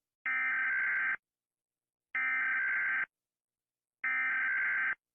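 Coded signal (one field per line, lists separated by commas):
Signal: Emergency Alert System (SAME) tones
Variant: header bursts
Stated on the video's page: Animated EAS alarms, a made-up creation.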